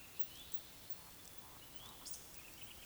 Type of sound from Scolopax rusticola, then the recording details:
whistle, croak. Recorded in Baden-Württemberg, Germany, on 11 June 2021 at 19:54 UTC. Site 24608, 624 m above sea level